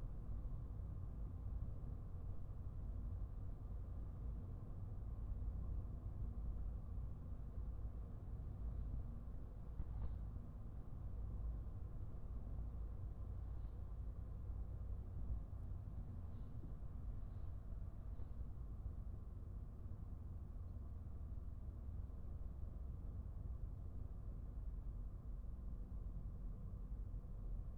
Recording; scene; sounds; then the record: everyday scene through a hearing-aid microphone; in a vehicle; engine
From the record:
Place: Skoda Fabia, gasoline engine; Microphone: behind the ear, right, rear